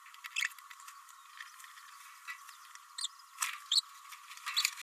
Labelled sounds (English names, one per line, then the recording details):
Green-rumped Parrotlet babbling
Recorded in a nest box in Venezuela
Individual 18B104A5